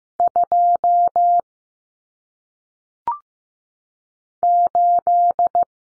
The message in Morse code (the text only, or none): 2 8